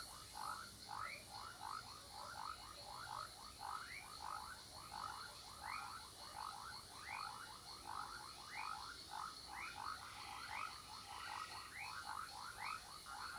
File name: Sapos brejao de manha com cigarras, passaros e transito longe